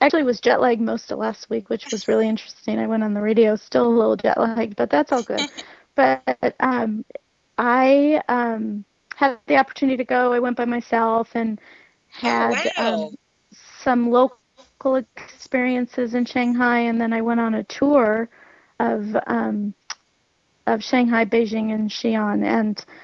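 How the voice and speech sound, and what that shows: Adult woman speaking with stuttering: fluent stretches broken by long pauses, drawn-out "um" fillers and a part-word repetition.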